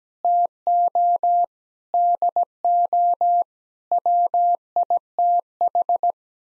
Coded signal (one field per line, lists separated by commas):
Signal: Morse code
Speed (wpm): 17 wpm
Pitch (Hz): 700 Hz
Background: none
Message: TO DO WITH